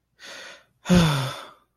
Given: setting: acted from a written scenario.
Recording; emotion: vocal sound without words; relief